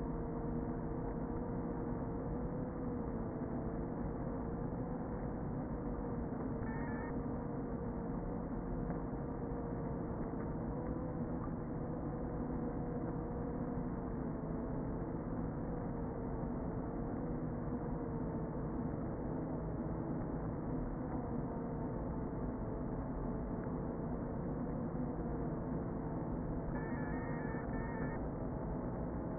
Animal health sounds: honeybee colony, microphone inside the hive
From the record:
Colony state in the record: queen present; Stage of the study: before two queens were removed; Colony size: about 60,000 bees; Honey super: yes

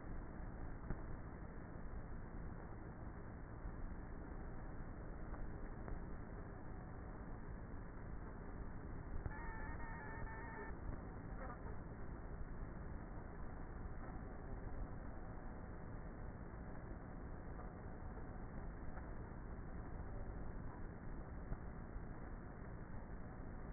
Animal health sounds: honeybee colony, microphone inside the hive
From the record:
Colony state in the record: queenless with a low population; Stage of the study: before two queens were removed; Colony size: about 30,000 bees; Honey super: no

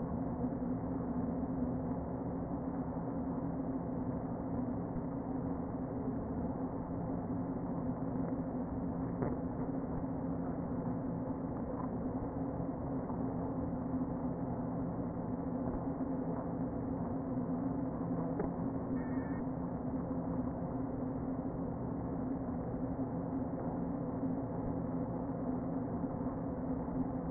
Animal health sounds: honeybee colony, microphone inside the hive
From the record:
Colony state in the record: queen present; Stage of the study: before two queens were removed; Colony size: about 60,000 bees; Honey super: yes

